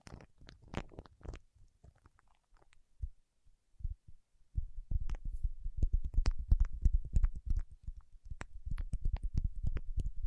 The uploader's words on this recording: ASMR with Wax Fingertips for Sleep (No Talking).